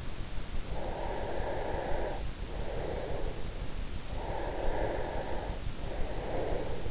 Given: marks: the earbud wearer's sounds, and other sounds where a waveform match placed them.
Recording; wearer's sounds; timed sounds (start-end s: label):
sounds in sleep by an in-ear microphone; breath
0.53-3.59 s: breath
3.89-6.91 s: breath